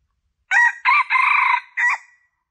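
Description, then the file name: Junglefowl crowing: a clipped four-part crow, three harsh syllables then a short final note, once, with silence around it. Male; lure call (suara pikat) used to attract junglefowl. "suara pikat ayam hutan jantan"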